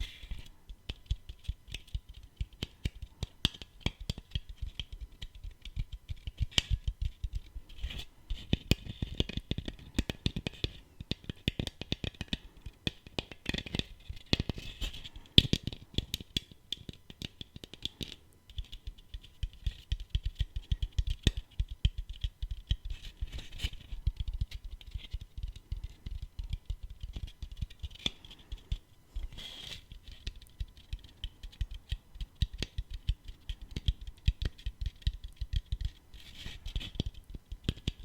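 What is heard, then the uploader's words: Continuous tapping, quick irregular clicks like fingernails on a hard surface, dense throughout with brief pauses near 18 and 29 seconds. Tapping No Talking.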